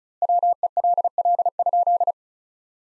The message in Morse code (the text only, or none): WELL?